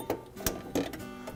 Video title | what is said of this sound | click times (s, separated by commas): Kenmore Refrigerator Repair – How to replace the Thermostat with Clips | You'll hear it lock into place. | 0.5 s